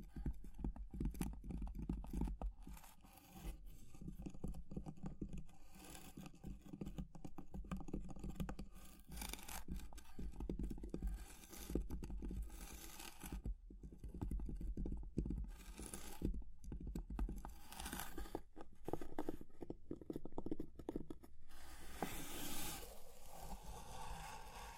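Dense crackling and scratching run without pause, with a low rumbling undertone for most of the stretch. Sharp taps and snaps pop through irregularly, and bright hissing bursts flare around the middle and again near the end, where the low rumble drops away.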